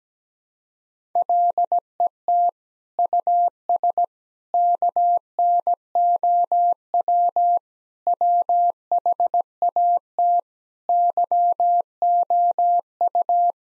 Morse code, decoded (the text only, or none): LET US KNOW WHAT YOU